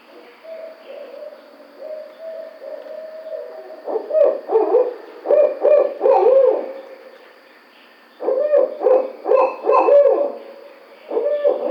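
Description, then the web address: Barred owl: a drawn-out steady hoot, then several loud bursts of cackling, gurgling calls separated by short pauses, with another excited round near the end. 5 June 2009. "Barred Owl 2009 06 05"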